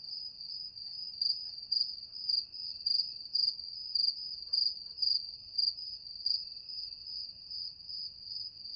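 Cricket calling with high, buzzy pulsed chirps, quiet at first and then repeating regularly about every half second over soft low background noise.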